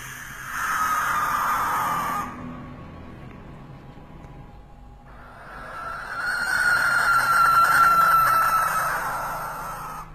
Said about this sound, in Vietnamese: nghe đâu có tiếng khè khè hú hú, như là tiếng cái con chim gì lạ lắm. Nó có đứng ở ngoài sân mà cất lên tiếng kêu. Lúc thì nó kêu ken két, giống như là tiếng con chim lợn. Có lúc thì nó lại kêu những tiếng man dợ, ghê rợn cả người.